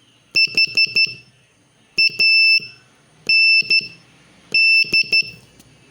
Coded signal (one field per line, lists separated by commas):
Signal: Morse code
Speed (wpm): 13 wpm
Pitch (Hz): 2650 Hz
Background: none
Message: HAND